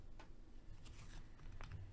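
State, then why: Not seated. A plastic foot piece is being handled and pushed toward the leg of an Iron Man mech suit action figure, producing soft crinkling and scraping sounds with a brief sharp tick near 1.6 seconds. Nothing has seated or clicked into place yet.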